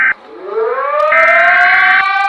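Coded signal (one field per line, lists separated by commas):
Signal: Emergency Alert System (SAME) tones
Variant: header bursts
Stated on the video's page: Mock alert, not a real activation.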